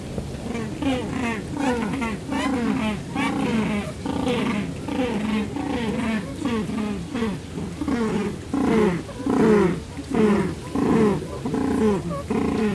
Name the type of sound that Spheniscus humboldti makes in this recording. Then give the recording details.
call. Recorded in captivity. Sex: pair. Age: adult. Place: Zoo Berlin, Berlin, DE. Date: 2005-08-10 17:24. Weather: heiter, 17°C. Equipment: Sony WM-D6C, Sennheiser ME 80, Kopie Uher 4000 Report Monitor. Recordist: Tembrock, Günter. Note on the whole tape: Paar-Rufen und Einzellaut